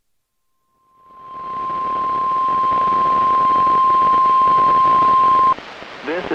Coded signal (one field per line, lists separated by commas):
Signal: Emergency Alert System (SAME) tones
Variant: 1050 Hz attention tone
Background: speech